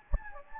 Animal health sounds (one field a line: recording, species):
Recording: mosquito wingbeat signal from an infrared sensor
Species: Anopheles gambiae